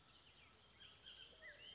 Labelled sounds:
Bullock's Oriole (Icterus bullockii)

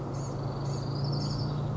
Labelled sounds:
Blue-gray Gnatcatcher (Polioptila caerulea)

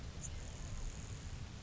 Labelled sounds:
Grasshopper Sparrow (Ammodramus savannarum)

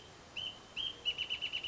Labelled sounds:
Wrentit (Chamaea fasciata)

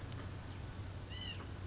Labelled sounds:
White-breasted Nuthatch (Sitta carolinensis)

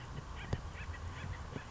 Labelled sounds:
Acorn Woodpecker (Melanerpes formicivorus)

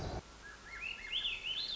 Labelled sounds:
Swainson's Thrush (Catharus ustulatus)

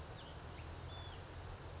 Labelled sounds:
Hutton's Vireo (Vireo huttoni)

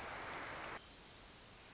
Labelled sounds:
Pacific Wren (Troglodytes pacificus)

